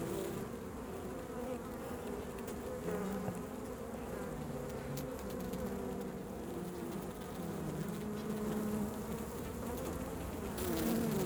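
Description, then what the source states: Honey bees humming continuously, with single bees droning over the steady buzz. Hive bees recorded August–September 2009 for a report on bees disappearing in large numbers, probably because of pesticides.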